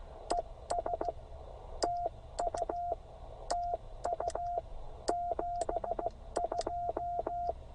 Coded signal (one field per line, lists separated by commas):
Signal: Morse code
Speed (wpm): 15 wpm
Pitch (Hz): 720 Hz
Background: radio noise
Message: ES TU TU 72